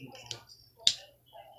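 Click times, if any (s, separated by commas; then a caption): 0.9 s. A folding plastic panel on the back of a Transformers: The Last Knight Voyager Class Optimus Prime transforming robot figure is pulled back, folded down and pressed onto a tab. After a faint tick at 0.3 s, a small, sharp click at 0.9 s marks the panel clipping into place, and it is easy to miss.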